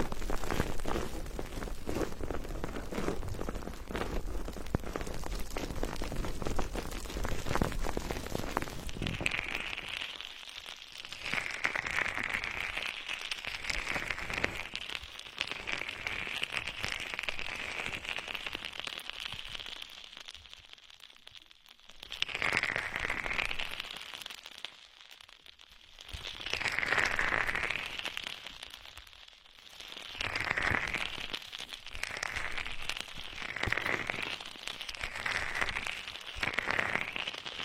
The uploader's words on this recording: The sound of bubbles bursting in the ears.